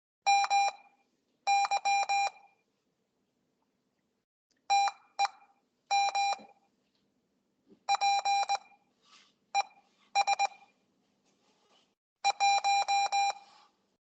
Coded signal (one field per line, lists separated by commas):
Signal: Morse code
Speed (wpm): 19 wpm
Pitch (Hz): 800 Hz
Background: none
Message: MY TEMP ES 1